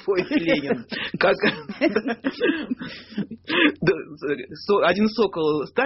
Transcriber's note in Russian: все смеются